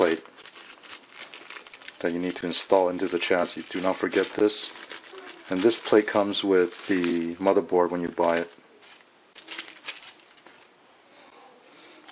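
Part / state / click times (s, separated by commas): motherboard I/O shield into computer case rear panel / not seated / none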